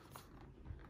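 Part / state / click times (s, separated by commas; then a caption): motorcycle intercom unit into its helmet mounting bracket / not seated / none. A FODSPORTS M1S PRO motorcycle Bluetooth intercom unit is handled against its helmet mounting bracket, with the mounting piece bent out for leverage as the unit is pushed toward the mount. Only low handling rustles and soft bumps are heard. Nothing has seated or clicked yet.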